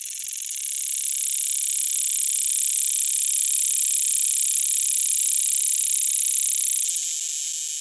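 Cicada call: a shrill buzz that swells up within the first second, holds steady, then drops back slightly near the end.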